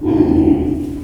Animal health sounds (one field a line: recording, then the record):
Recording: squeal of a Yucatan mini pig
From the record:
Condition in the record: before surgery on the right vocal fold (resection and tissue-engineered implant)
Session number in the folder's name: 2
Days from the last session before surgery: -15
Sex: female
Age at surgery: 19 weeks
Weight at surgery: 25 kg